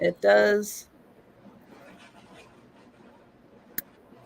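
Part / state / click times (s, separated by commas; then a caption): hoop earring post into its catch / seated / 3.8 s. A person talks briefly at the start, then the post of a vintage hoop earring is pushed into its catch on the hoop over a quiet background. A single sharp snap at 3.8 s marks the post snapping shut into the catch, seated.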